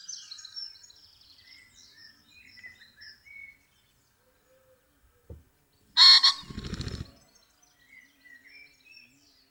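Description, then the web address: Common pheasant giving a sudden loud, harsh crowing burst followed by a rapid whirring flutter of wings, with thin songbird twitters and calls scattered before and after. Recorded in the Weinviertel region, Austria. "Vogelstimmen Fasan Phasianus colchicus A-Weinviertel"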